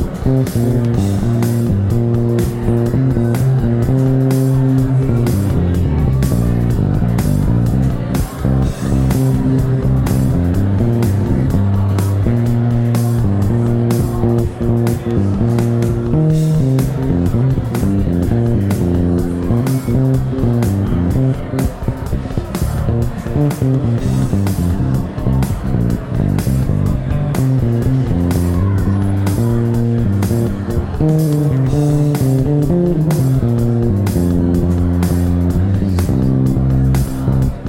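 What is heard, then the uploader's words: A bass improvises over an electronic drum pattern, its low notes sliding and stepping through shifting lines, sometimes holding, sometimes moving quickly. Crisp, dense drum hits tick steadily above it, and the level stays even and full for the whole stretch. Bass improvisation over a background of crowd chatter, supported by an electronic drummer (courtesy of Logic Pro).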